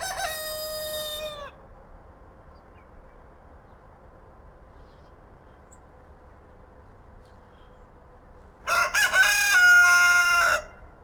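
Rooster crows twice: the end of a drawn-out harmonic crow at the start and another loud crow about nine seconds in, with steady low hum between.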